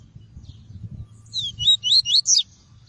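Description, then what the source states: Double-collared seedeater giving a short run of four high, swooping whistled notes in the second half, with low rumble underneath. Song of the "tui-tui" variety.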